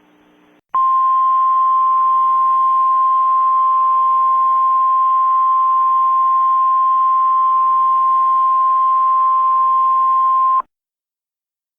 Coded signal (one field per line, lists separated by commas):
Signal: Emergency Alert System (SAME) tones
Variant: 1050 Hz attention tone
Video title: Breaking into Pieces (+ RJ The Greatest 3, heyimgianPR) (EAS Scenario)